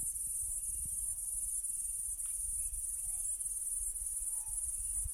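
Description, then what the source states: Cicada holding a constant, piercing high buzz over low rumbling background noise, with a faint note near the end. Recorded in Kaning'ina Forest; genus Platypleura, species unidentified.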